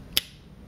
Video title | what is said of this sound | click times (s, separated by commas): MB&F HM3 Frog | so it just goes like that it doesn't click in or anything like that and then you pull it open | 0.2 s